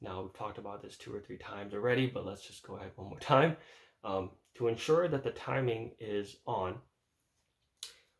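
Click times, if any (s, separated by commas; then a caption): 7.8 s. Someone talks, then cocks a single action revolver to check its timing, and the cylinder stop drops into its cylinder notch with a sharp click at 7.8 s. The cylinder is left locked in place with no play.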